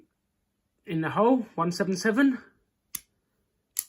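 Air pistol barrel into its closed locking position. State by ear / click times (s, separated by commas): seated / 3.8 s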